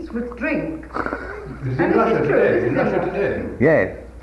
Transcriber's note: Prabhupāda laughs